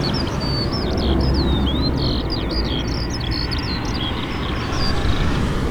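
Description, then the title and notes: Eurasian skylark song in short bursts of chirps and down-slurred whistles, partly masked by loud continuous traffic noise. Lark singing in Taastrup, Denmark, with cars passing; sings louder while cars pass; recorded on a portable recorder with internal microphones. "Ole Rømers Vej, 2630 Taastrup, Denmark - Eurasian skylark and cars. Lark singing. While cars are passing, the lark starts singing louder. Alouette des champs. Se met à chanter plus fort lorsque des voitures passent"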